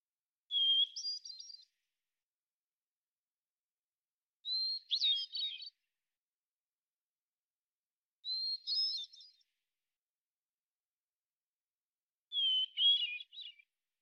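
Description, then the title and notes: Hermit thrush singing four phrases about four seconds apart, each a pure opening whistle leading into a bright tumbling flourish, against complete quiet. Individual singing in the Pacific Northwest, Washington, United States; song sequence ending with examples of eight basic phonemes and variants; isolated from original recording, natural pace and rhythm kept. "Hermit Thrush, Catharus guttatus, individual performance, song sequence with an end block of example 8 basic phonemes and variants, isolated from original, natural pace and rhythm maintained Recorded in the beautiful Pacific Northwest, Washington, United States"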